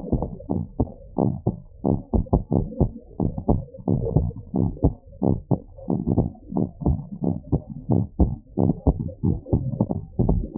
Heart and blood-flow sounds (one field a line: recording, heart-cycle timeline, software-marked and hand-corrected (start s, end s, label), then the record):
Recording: heart sounds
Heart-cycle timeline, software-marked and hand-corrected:
0.00	0.14	systole
0.14	0.26	S2
0.26	0.56	diastole
0.56	0.66	S1
0.66	0.80	systole
0.80	0.90	S2
0.90	1.20	diastole
1.20	1.34	S1
1.34	1.48	systole
1.48	1.56	S2
1.56	1.86	diastole
1.86	1.98	S1
1.98	2.14	systole
2.14	2.24	S2
2.24	2.52	diastole
2.52	2.64	S1
2.64	2.80	systole
2.80	2.92	S2
2.92	3.20	diastole
3.20	3.32	S1
3.32	3.50	systole
3.50	3.62	S2
3.62	3.88	diastole
3.88	4.00	S1
4.00	4.14	systole
4.14	4.28	S2
4.28	4.56	diastole
4.56	4.70	S1
4.70	4.84	systole
4.84	4.94	S2
4.94	5.24	diastole
5.24	5.38	S1
5.38	5.52	systole
5.52	5.60	S2
5.60	5.90	diastole
5.90	6.02	S1
6.02	6.16	systole
6.16	6.28	S2
6.28	6.56	diastole
6.56	6.68	S1
6.68	6.86	systole
6.86	6.98	S2
6.98	7.24	diastole
7.24	7.36	S1
7.36	7.54	systole
7.54	7.62	S2
7.62	7.90	diastole
7.90	8.06	S1
8.06	8.20	systole
8.20	8.32	S2
8.32	8.60	diastole
8.60	8.74	S1
8.74	8.88	systole
8.88	8.98	S2
8.98	9.24	diastole
9.24	9.38	S1
9.38	9.54	systole
9.54	9.68	S2
9.68	10.00	diastole
10.00	10.10	S1
10.10	10.28	systole
10.28	10.44	S2
10.44	10.58	diastole
From the record:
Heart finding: abnormal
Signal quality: good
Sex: male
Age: 66 years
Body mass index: 23.7